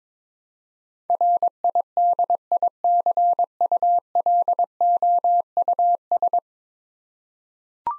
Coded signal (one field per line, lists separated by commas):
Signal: Morse code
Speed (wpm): 22 wpm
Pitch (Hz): 700 Hz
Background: none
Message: RIDICULOUS